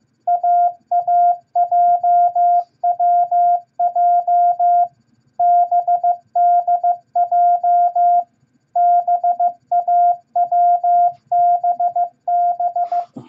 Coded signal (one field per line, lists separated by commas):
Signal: Morse code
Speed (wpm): 15 wpm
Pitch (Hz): 700 Hz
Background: none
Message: AAJWJ BDJ BAWBB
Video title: Morse Code Practice Beginner Set AWJNDB At 15 Words Per Minute #4!